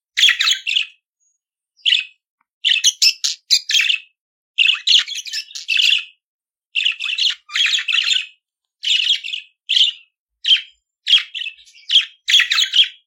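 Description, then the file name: Budgerigar song: bursts of brief chirping, clicking and buzzy notes, separated by short pauses. "Canto do periquito australiano"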